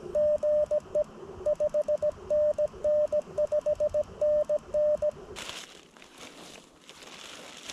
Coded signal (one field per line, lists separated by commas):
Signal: Morse code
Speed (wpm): 17 wpm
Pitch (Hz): 600 Hz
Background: radio noise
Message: GE 5NN 5NN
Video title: WWFF HAM Radio Activation - Halimasjärvi 21.7.2024 (OHFF-0268) - CW / Morse Code